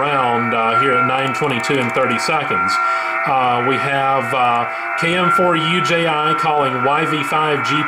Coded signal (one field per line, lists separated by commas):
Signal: FT8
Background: speech